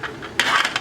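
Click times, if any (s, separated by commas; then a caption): 0.4 s. A plastic diamond-painting stacking tray is pressed down onto another tray. A sharp plastic clack at 0.4 s marks it locking into place, followed by a brief rattle and a smaller tap near 0.8 s. The tray is seated.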